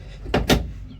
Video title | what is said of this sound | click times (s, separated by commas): fermeture porte monte charge ok ! | Clac, on a entendu, c'est bien fermé. | 0.4 s, 0.5 s